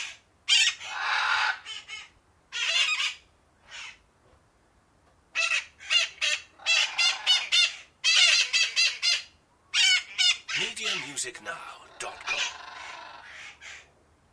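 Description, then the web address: Parakeets squawking harshly in stuttering, pulsed series, with a few lower wavering tones near the end among the screeches. Several parakeets calling angrily. "the sound pack tree. angry parakeets"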